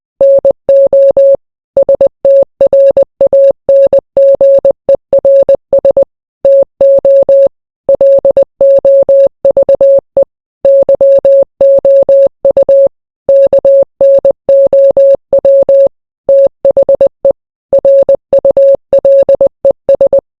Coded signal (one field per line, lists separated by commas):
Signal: Morse code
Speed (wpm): 20 wpm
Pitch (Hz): 550 Hz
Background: none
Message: NO STRANGERS TO LOVE YOU KNOW THE RULES